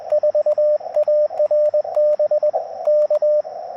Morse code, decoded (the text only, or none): 4ARB K